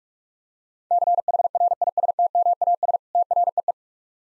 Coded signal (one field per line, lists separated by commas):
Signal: Morse code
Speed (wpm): 45 wpm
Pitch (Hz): 700 Hz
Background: none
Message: CHRISTMAS TREE